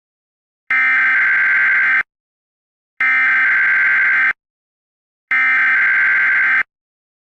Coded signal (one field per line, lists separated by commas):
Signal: Emergency Alert System (SAME) tones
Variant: header bursts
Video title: EAS Doomsday Scenario - Majora's Mask (Remastered)